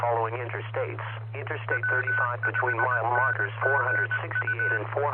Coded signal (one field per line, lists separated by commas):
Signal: Morse code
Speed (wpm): 20 wpm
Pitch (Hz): 1500 Hz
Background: speech, radio noise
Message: W5NGU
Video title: 2016-04-11 - W5NGU 146.9200 MHz Denton County ARA